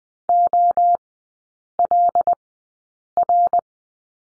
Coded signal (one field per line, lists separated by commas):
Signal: Morse code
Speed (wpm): 20 wpm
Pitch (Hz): 700 Hz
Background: none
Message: OLR